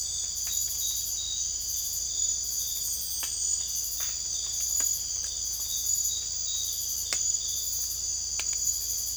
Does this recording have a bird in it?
no